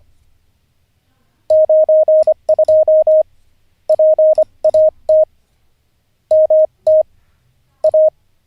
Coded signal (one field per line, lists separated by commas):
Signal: Morse code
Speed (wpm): 25 wpm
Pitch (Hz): 620 Hz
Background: none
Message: 92 PAT MT A